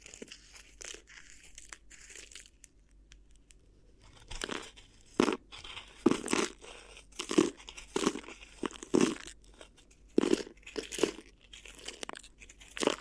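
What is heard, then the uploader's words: Crinkly rustling of an ear massage, starting sparse and faint for about four seconds before turning into repeated bright crinkling bursts roughly every second. The rubbing crackles sound crisp and papery, with brief tearing-like scrunches between quieter pauses and a low steady hum underneath. ASMR Addictive Crinkly Ear Massage (No Talking).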